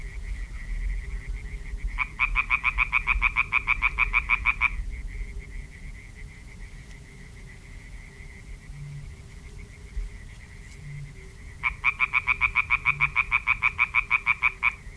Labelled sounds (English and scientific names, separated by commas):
Common Tree Frog (Hyla arborea) call